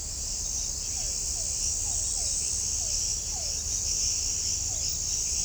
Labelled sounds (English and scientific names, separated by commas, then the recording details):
none
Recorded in shrubland near Pivijay, Magdalena, Colombia, on 5 June 2023 at 02:00
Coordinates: 10.453, -74.365
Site P5-G022